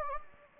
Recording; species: mosquito wingbeat signal from an infrared sensor; Anopheles gambiae